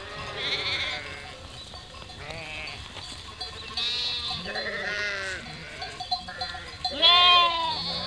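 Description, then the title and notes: Sheep bleating, high quavering and lower bleats one after another, the loudest near the end. Flock of 467 sheep and lambs, freshly counted by the shepherd, moving and grazing grass and wild garlic in spring at Chindrieux, France; binaural recording with Fostex FR2 LE, recordist travelling by bicycle. "847 Rue de Vars, 73310 Chindrieux, France - Troupeau de moutons. En ce jour de printemps, au beau milieu d'un troupeau de 467 moutons et agneaux fraîchement comptés par le berger. Bêlements en chorale très spacialisée et en mouvement"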